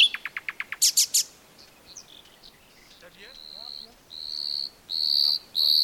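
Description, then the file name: Common nightingale song: rapid clicking notes and sharp bursts, scattered chirps, then long pure whistled notes that swell in loudness. "Luscinia megarhynchos"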